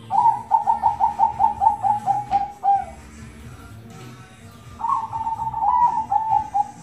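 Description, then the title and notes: Zebra dove song of rapid pulsed coos in steady rhythm that slow and drop at the end, a pause, then another rippling cooing phrase. Zebra dove song used as a tutor recording for mastering, teaching other birds the song. "Kupulan Burung Perkutut. burung perkutut yang bisa digunakan untuk memaster"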